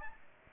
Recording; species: mosquito wingbeat signal from an infrared sensor; Aedes aegypti